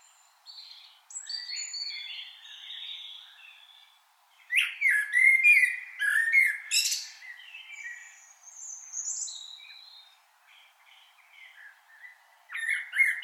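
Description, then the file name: Common blackbird song: low, mellow fluted warbles that break into high, squeaky twittering flourishes, with several phrases separated by short pauses. "Turdus merula"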